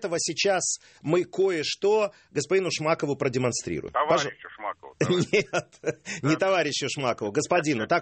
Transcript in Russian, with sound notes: сейчас мы кое-что господину Шмакову продемонстрируем.
Товарищу Шмакову. (смеется)
Нет, не товарищу Шмакову – господину.